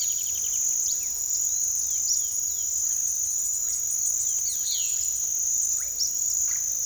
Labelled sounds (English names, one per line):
Palm Tanager
Chestnut-bellied Seed Finch
Olive-faced Flatbill
Violaceous Jay
Russet-backed Oropendola